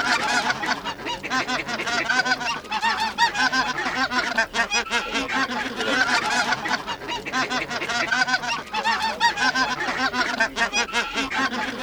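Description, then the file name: Greater white-fronted goose flock: many birds giving dense, overlapping yelping honks without pause. Flock chatter of many birds; recording made for an electronic hunting caller. "Белолобый базар"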